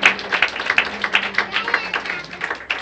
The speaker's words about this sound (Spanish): Denle un aplauso al Señor si quiere.